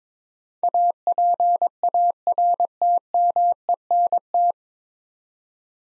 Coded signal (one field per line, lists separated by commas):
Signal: Morse code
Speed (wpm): 22 wpm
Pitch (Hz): 700 Hz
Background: none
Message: APARTMENT